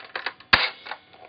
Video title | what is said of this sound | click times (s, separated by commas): P.1093 AK47 Review (airsoft) | and you can hear that click and just let it go again and then you can shoot | 0.5 s